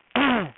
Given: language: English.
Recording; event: throat vibration sensor signal played as sound; throat clearing